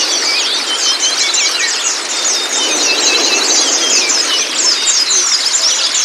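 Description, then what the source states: White-eye twittering: thick layers of quick, high chirps and brief whistles running together without a break. Meant to get the bird to open its beak and sing; used for training pleci.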